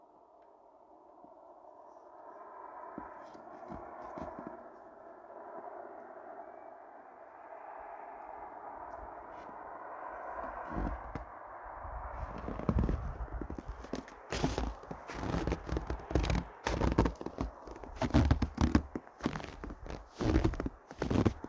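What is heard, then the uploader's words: Footsteps in snow, arriving after a long lead-in. For the first twelve seconds only a steady, muffled midrange rush is heard, slowly swelling. Then crunchy steps break in and keep coming quickly and irregularly, loud, gritty and bright, until the end. From winter in Sweden. Snowwalking.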